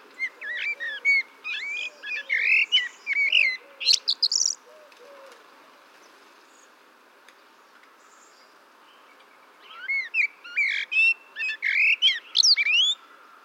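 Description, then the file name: Eurasian blackbird song: two bursts of fluty warbled phrases ending in high squeaky twitters, with a quiet low note series beneath and a long silent gap between. "Turdus merula"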